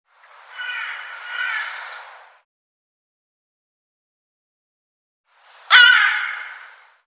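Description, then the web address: Bird calling, two harsh, raspy calls separated by a few seconds of silence; the second begins with a sharp click. "cianscape birddata Deverinetal 2025"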